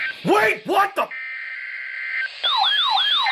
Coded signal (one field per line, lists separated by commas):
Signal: Emergency Alert System (SAME) tones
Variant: header bursts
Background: speech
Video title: WAIT WHAT TH- SAME HEADER... EAS Alerts from 2/23/19 (EAS #2,032 - 2,039)